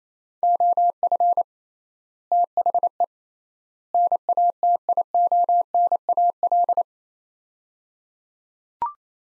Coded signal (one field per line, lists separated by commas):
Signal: Morse code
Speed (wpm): 28 wpm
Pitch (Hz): 700 Hz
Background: none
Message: OF THE NATIONAL